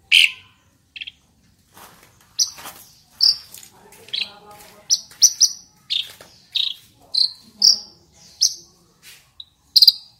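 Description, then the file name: Asian pied starling song in scattered bursts of sharp whistles, squeaks and clicks, separated by short silent gaps. Indonesian name jalak suren; the singing is described as gacor. "suara burung jalak suren gacor"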